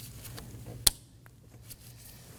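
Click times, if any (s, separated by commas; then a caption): 0.9 s. A wiring harness connector is pushed onto a new variable valve timing solenoid for a 2015-2023 Nissan Maxima 3.5L V6, resting on the bench. A single sharp click at 0.9 s marks the connector latching, followed by a faint tick over a low background hum. The connector is fully seated.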